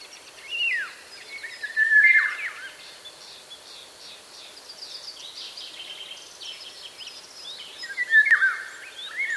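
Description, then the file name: Eurasian golden oriole song: short fluty whistled phrases near the start, around two seconds and again near the end, with thin chattering from other birds between. "Sommargylling"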